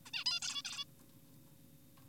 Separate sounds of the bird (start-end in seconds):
0.06-0.11, 0.14-0.24, 0.26-0.40, 0.42-0.62, 0.65-0.85